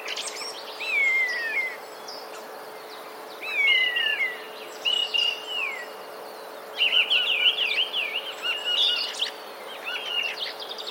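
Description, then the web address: Common starling song mixing slurred descending whistles, warbling phrases and chirps in separate bursts, with a faint low hum throughout. Mimicry of sparrow sounds; recorded 16 March 2024. "wroblowe zapozyczenia szpaki 16 03 2024"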